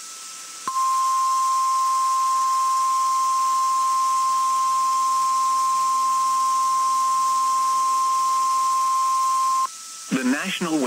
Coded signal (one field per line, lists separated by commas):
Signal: Emergency Alert System (SAME) tones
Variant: 1050 Hz attention tone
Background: speech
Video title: One Manic Wednesday Tests Madness (EAS #10569-10616) 4/4-5/23